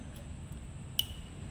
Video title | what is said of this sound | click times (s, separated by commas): How to use MC4 connector--What is MC4 connector--How to connect MC4 Connector--Skill Diary | जिसे टक करके छोटा सा साउंड है वो छोटा सा साउंड ही सुनाई देता है | 1.0 s